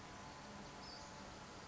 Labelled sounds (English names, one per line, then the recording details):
Western Flycatcher
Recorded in Sonoma County, California